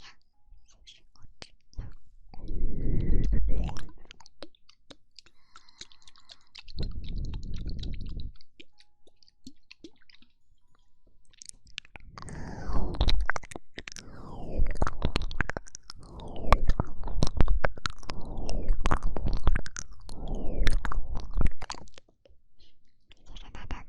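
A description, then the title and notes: Wet ear-eating mouth sounds come in bursts: a few short mouthy bouts early, then a denser stretch from about 12 to 22 seconds. Smacking, sucking and crunchy clicks crowd together with brief quiet gaps between them, plus a faint high hiss. ASMR Ear Eating Instant Tingles.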